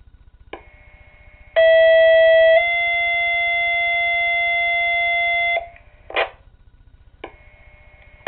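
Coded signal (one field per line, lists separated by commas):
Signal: two-tone page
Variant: Motorola two-tone sequential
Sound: radio squelch, then a 1-second tone and a 3-second slightly different tone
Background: radio static, squelch bursts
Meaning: The tone pair sets off the pagers assigned to it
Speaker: County units the monthly sir test for the month of December will now begin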